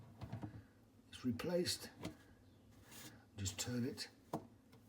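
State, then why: Seated. A plastic filter is turned in the sump housing of a Bosch LogiXX easy dishwasher while someone talks, with a few soft handling knocks. At 4.3 s a short, sharp click is heard as the twist-lock filter seats home and its alignment arrows line up.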